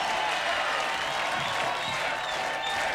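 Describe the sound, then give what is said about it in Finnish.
A concert audience at Tavastia in Helsinki applauds steadily and loudly after a show in December 1996, the dense clapping falling into a rhythmic beat with some cheering mixed in, a continuous roar that holds at the same level throughout. “päätellen tuosta yleisön raivokkaasta ja taadikkaasta rytmikkäästä aplodeerauksesta.”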